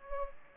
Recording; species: mosquito wingbeat signal from an infrared sensor; Aedes aegypti